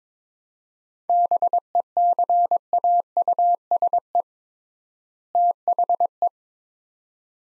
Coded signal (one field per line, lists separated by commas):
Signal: Morse code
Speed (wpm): 21 wpm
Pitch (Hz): 700 Hz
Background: none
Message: BECAUSE THE